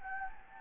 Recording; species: mosquito wingbeat signal from an infrared sensor; Anopheles gambiae